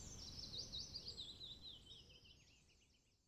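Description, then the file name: Bird song, a high thin twittering trill that gradually fades away, over a soft low rumble. "beautiful Birdsong"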